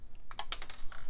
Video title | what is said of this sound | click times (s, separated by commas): Hot Wheels Redline Classic Nomad 55 Restoration | notice it catches and then if you give it a little twist it pops right off | 0.5 s